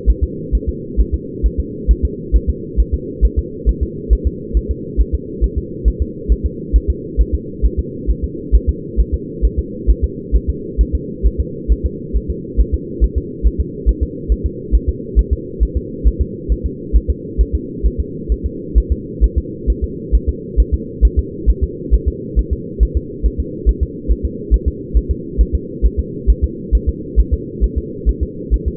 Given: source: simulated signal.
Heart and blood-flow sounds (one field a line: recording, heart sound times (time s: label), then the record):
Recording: fetal heart sounds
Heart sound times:
0.10 s: S1
0.23 s: S2
0.55 s: S1
0.69 s: S2
1.00 s: S1
1.14 s: S2
1.46 s: S1
1.60 s: S2
1.91 s: S1
2.05 s: S2
2.36 s: S1
2.50 s: S2
2.80 s: S1
2.94 s: S2
3.25 s: S1
3.39 s: S2
3.69 s: S1
3.83 s: S2
4.13 s: S1
4.27 s: S2
4.57 s: S1
4.71 s: S2
5.01 s: S1
5.14 s: S2
5.44 s: S1
5.58 s: S2
5.88 s: S1
6.02 s: S2
6.32 s: S1
6.46 s: S2
6.76 s: S1
6.90 s: S2
7.21 s: S1
7.34 s: S2
7.66 s: S1
7.79 s: S2
8.10 s: S1
8.24 s: S2
8.55 s: S1
8.69 s: S2
9.00 s: S1
9.14 s: S2
9.45 s: S1
9.59 s: S2
9.90 s: S1
10.04 s: S2
10.36 s: S1
10.50 s: S2
10.81 s: S1
10.95 s: S2
11.27 s: S1
11.40 s: S2
11.72 s: S1
11.86 s: S2
12.16 s: S1
12.30 s: S2
12.60 s: S1
12.74 s: S2
13.04 s: S1
13.18 s: S2
13.47 s: S1
13.60 s: S2
13.89 s: S1
14.03 s: S2
14.32 s: S1
14.46 s: S2
14.75 s: S1
14.89 s: S2
15.19 s: S1
15.33 s: S2
15.63 s: S1
15.77 s: S2
16.08 s: S1
16.21 s: S2
16.52 s: S1
16.66 s: S2
16.96 s: S1
17.10 s: S2
17.41 s: S1
17.55 s: S2
17.86 s: S1
18.00 s: S2
18.32 s: S1
18.46 s: S2
18.78 s: S1
18.92 s: S2
19.24 s: S1
19.38 s: S2
19.70 s: S1
19.84 s: S2
20.15 s: S1
20.29 s: S2
20.60 s: S1
20.74 s: S2
21.05 s: S1
21.19 s: S2
21.50 s: S1
21.64 s: S2
21.94 s: S1
22.08 s: S2
22.39 s: S1
22.53 s: S2
22.83 s: S1
22.97 s: S2
23.26 s: S1
23.40 s: S2
23.69 s: S1
23.83 s: S2
24.11 s: S1
24.25 s: S2
24.54 s: S1
24.68 s: S2
24.97 s: S1
25.11 s: S2
25.41 s: S1
25.55 s: S2
25.86 s: S1
25.99 s: S2
26.30 s: S1
26.44 s: S2
26.75 s: S1
26.89 s: S2
27.20 s: S1
27.33 s: S2
27.64 s: S1
27.78 s: S2
28.09 s: S1
28.23 s: S2
28.54 s: S1
28.68 s: S2
From the record:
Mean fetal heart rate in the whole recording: 135 bpm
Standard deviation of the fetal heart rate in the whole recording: 3 bpm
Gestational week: 34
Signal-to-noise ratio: -4.1 dB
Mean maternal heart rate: no maternal heart sound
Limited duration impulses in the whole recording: absent